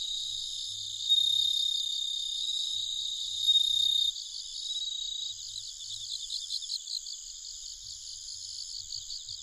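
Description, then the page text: Bell cricket song: a sustained pure ringing tone, then rapid pulsed chirps repeating, with a continuous shrill insect chorus behind. Nikko, Japan; 1 October 2011, at night, 21:48. "Homoeogryllus japonicus [Sounds -Nikko Today-]"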